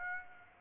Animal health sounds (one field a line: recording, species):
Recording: mosquito wingbeat signal from an infrared sensor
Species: Aedes aegypti